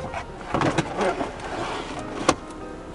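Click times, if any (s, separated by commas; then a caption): 2.3 s. The waste cassette of a campervan cassette toilet is opened up, wheeled back into its compartment and pushed home. A few bumps and rattles sound around 0.6–0.8 s, then a sharp snap at 2.3 s as the cassette seats into place.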